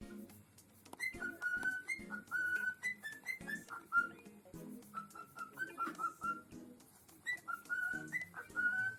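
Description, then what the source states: Cockatiel giving a whistled melody of clear, slightly bending notes in short phrases with brief pauses, a steady low background hum and knocks underneath. Lutino colour variety.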